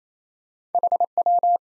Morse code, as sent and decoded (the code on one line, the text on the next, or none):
.... .--
HW